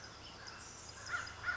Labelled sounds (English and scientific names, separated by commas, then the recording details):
American Crow (Corvus brachyrhynchos)
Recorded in Sonoma County, California